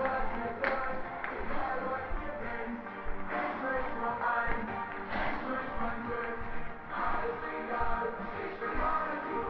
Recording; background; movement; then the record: deep breathing; music; walking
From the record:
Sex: female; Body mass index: 18.3 kg/m2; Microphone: on the chest, facing the body